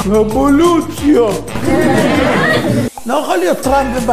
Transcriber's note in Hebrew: הקהל צוחק